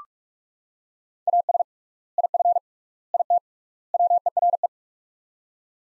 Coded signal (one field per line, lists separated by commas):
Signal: Morse code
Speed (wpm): 45 wpm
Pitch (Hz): 700 Hz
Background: none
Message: AS IF IT WERE